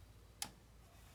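A click-type torque wrench tightens a water pump housing bolt on a VW Tiguan 2.0T TSI engine to 10 ft-lb. A single sharp tick at 0.4 s stands out against quiet background noise as the wrench breaks over at its setting, confirming the bolt has reached torque.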